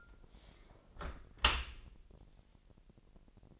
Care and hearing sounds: daily activity, microphone in the room; close dishwasher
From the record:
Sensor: 5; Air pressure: 1000.8 hPa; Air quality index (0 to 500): 248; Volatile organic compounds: 35 ppm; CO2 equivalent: 3059 ppm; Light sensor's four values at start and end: 31/72/29/27 and 31/72/29/27

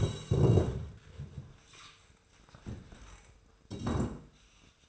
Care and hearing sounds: daily activity, microphone in the room; stand up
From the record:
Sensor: 2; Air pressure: 1005.1 hPa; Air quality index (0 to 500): 98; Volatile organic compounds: 2 ppm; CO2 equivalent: 1189 ppm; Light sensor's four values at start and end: 8/19/8/8 and 7/16/7/7

